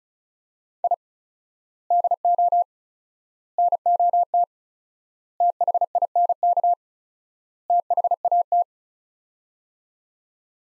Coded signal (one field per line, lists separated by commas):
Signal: Morse code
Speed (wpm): 36 wpm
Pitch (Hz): 700 Hz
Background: none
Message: I DO NOT THINK THAT